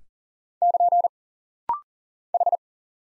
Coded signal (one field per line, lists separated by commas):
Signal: Morse code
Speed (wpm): 40 wpm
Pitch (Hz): 700 Hz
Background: none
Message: <KN> H